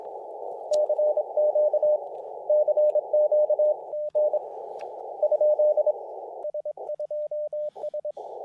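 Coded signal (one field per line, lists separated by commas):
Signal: Morse code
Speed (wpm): 24 wpm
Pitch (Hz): 590 Hz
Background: radio noise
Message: CQ CQ N ? S2S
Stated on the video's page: Summits On The Air activation on a mountain.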